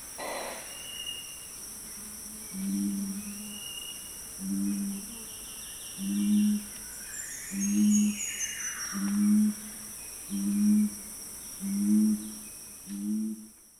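Buff-headed coucal giving a series of deep, low hooting notes, about eight hoots, roughly one every second and a half, with faint higher bird calls behind.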